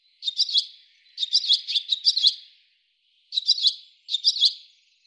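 Bird chirps in quick high clusters, four bursts with short gaps between them, each a rapid run of bright notes, with no other sounds.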